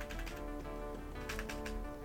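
Computer keyboard typing: quick, irregular bursts of crisp key clicks, with a pause in the middle, over a steady low electrical hum. No one speaks.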